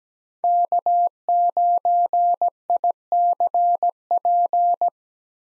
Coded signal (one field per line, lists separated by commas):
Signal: Morse code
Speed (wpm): 17 wpm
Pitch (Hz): 700 Hz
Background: none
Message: K9ICP